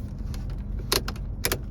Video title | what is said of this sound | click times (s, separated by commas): VANMASS MagSafe Car Mount Magnetic Cell Phone Holder for Dashboard Windshield Vent (Blue) - Review | There's the click, and we are good to go. | 1.0 s, 1.4 s